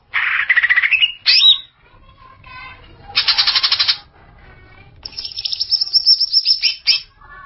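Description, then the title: Greater green leafbird giving a rising buzzy phrase, then dense buzzy rattles alternating with quieter gaps. "Cucak ijo"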